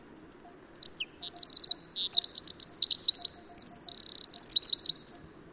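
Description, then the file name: Eurasian wren song: a loud, rapid, high-pitched outpouring of trills and sharp notes lasting about five seconds, with a fast rattling trill near the end. "Troglodytes troglodytes"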